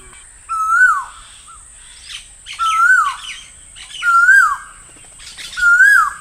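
Bird calls, four loud rising-and-falling harmonic notes about every one and a half seconds, with rough squawky notes between them.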